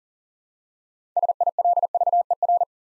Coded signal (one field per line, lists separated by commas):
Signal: Morse code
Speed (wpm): 43 wpm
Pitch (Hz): 700 Hz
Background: none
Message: SILVER